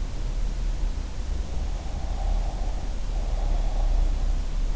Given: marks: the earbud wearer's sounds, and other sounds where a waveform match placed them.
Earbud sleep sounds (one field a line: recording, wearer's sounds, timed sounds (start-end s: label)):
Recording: sounds in sleep by an in-ear microphone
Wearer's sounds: breath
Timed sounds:
1.71-4.31 s: breath